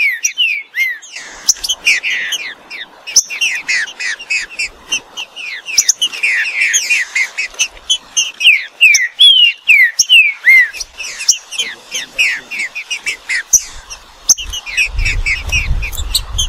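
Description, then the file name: Green-winged saltator delivering many fast, varied whistles and chirps, a few longer clear slurs, low rumble near the end. "canto do trinca ferro"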